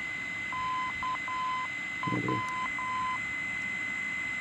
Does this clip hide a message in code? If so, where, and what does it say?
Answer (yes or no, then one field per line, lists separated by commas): yes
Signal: Morse code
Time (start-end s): 0.5-3.2 s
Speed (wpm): 10 wpm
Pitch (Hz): 1020 Hz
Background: none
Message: KW